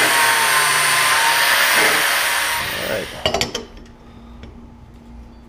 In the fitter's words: how that just kind of snapped right in that's a clear indication that we pretty much nailed it